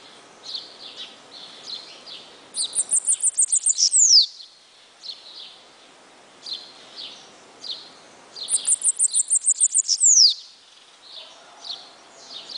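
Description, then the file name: Bananaquit giving two songs, each a rapid stutter of high ticks ending in a descending swish, with softer chirps from other birds between them. "Cambacica"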